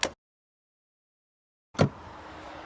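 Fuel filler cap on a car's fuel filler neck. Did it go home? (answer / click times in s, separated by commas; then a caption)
yes / 0.0 s. A plastic fuel filler cap on a car's fuel filler neck is turned until its ratchet clutch clicks at 0.0 s, meaning the cap is on all the way and tight. A weaker thump follows at 1.8 s and is followed by a low steady background hum.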